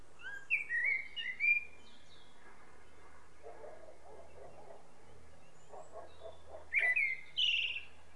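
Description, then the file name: Common blackbird whistling a warbled phrase, then a pause filled by soft lower chattering, before two more phrases with high squeaky endings. "Turdus merula"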